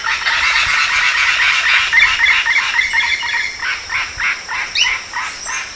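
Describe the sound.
Bird giving rapid, scratchy chattering notes that loosen into a pulsing rhythm, with a quick rising whistle near the end and a steady high tone behind.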